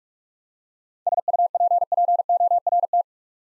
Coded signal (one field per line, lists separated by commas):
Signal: Morse code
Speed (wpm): 41 wpm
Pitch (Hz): 700 Hz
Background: none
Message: SUPPORT